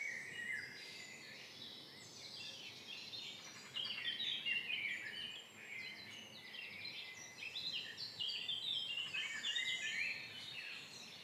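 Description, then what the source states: Birds singing together, a busy mix of bright chirping phrases and quick trills, growing louder around the middle and again near the end. Birds singing at dawn in front of the entrance of the abandoned Hennocque quarries, Méry-sur-Oise, France.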